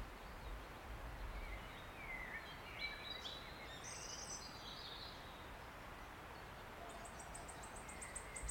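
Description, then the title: Wood warbler song starting at the end as a run of high ticking notes, after a mix of other birds' whistles and chirps over a soft woodland hiss. Male singing from oak canopy in an ancient oak wood, steep-sided wooded valley, South Wales, Britain, May, just after rain stopped. "Sound Escape 16: listen to the cascade of wood warbler song in an ancient oak wood"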